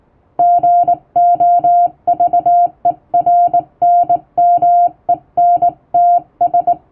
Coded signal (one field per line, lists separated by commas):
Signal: Morse code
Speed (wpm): 20 wpm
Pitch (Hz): 700 Hz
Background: music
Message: GOVERNMENTS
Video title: 毎日聴いてモールスラーニング！アマチュア無線ハムの受信練習用に綺麗な手打ちで平文の欧文モールス信号を叩いてみました。YouTubeの再生速度を調整して聴こう(morse code learning)